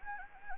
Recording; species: mosquito wingbeat signal from an infrared sensor; Anopheles gambiae